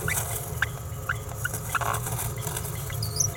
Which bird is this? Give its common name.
Green-rumped Parrotlet